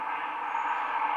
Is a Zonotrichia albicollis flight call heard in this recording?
no